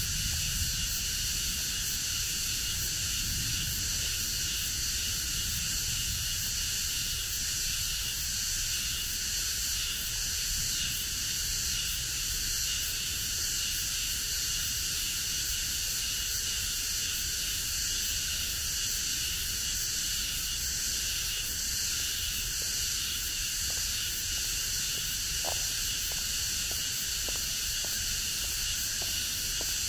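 Dense cicadas drone steadily after rain in a wooded park, their bright shrill chorus unbroken, with a low rumble beneath and faint clicks near the end.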